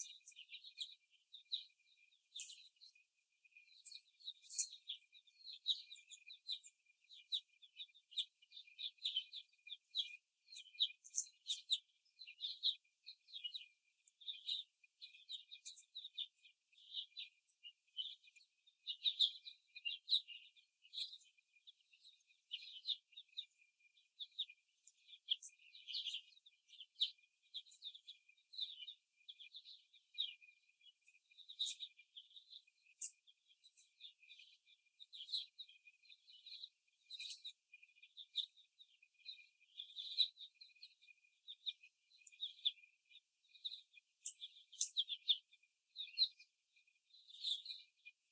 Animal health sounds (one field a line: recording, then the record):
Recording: young laying hens in a cage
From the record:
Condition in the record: before the stressor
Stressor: simulated dog barking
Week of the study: 1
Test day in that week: 2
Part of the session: 2